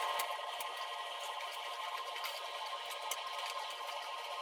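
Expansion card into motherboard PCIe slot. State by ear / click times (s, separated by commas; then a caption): not seated / none. A graphics card is handled as it is lined up with a motherboard PCIe slot, over a steady broadband hiss with faint scattered ticks and a brief sharp tick around 3.1 seconds. Nothing has seated or clicked into the slot yet.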